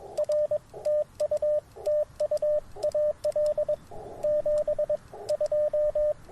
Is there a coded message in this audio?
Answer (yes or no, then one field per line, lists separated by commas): yes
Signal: Morse code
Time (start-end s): 0.2-6.1 s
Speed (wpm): 21 wpm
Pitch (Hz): 600 Hz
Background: radio noise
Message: R TU TU AL 72